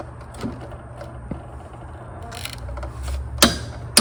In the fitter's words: So now I'm trying to get 40 foot-pounds, so I'm waiting for a click.